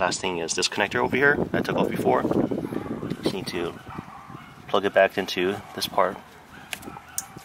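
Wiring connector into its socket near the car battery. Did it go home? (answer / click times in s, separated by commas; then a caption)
yes / 7.2 s. On a Honda CR-V, an electrical wiring connector unplugged earlier during a battery change is pushed back into its socket near the battery in the engine bay while someone talks. A sharp click at 7.2 s marks the connector seating, confirming it is connected.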